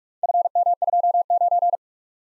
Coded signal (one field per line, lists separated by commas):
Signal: Morse code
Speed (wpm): 44 wpm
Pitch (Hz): 700 Hz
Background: none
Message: FM29